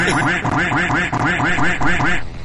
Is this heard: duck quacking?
yes